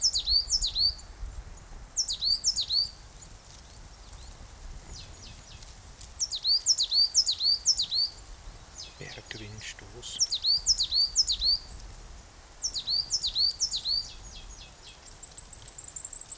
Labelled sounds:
Coal Tit (Periparus ater) song

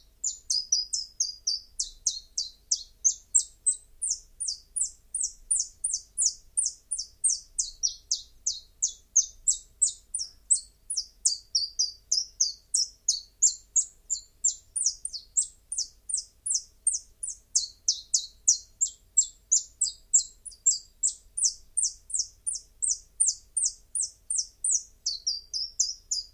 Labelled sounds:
Common Chiffchaff (Phylloscopus collybita) song

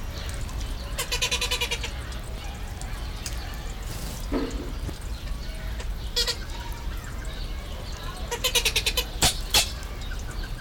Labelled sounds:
Blue-billed Teal (Anas hottentota) call

